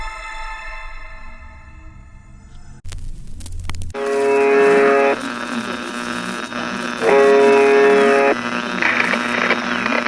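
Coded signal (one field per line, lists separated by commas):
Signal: channel marker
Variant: UVB-76 (The Buzzer)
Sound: two harsh, low buzzes about one second long over hissing shortwave static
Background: radio static, heterodyne whistle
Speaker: this station's only broadcast is a repeating buzzer sound that continues 24 hours a day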